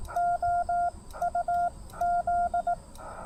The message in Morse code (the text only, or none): OUZ